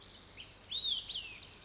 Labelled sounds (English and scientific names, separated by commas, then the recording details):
Olive-sided Flycatcher (Contopus cooperi)
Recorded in Sonoma County, California